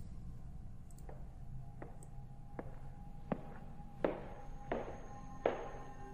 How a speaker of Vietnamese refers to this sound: Giống như là tiếng bước chân tập tễnh của người già, Lưu Học Minh nhìn qua một con hẻm nhỏ bên cạnh, lờ mờ không có ánh đèn. Tiếng bước chân từ đó truyền ra, từ xa lại gần.